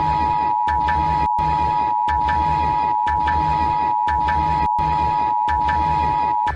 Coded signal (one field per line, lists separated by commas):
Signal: Emergency Alert System (SAME) tones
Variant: 853 and 960 Hz attention tone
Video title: eas scenario catemojibabyheat the young country bombers vs emoji baby abuse part 35 welcome to palo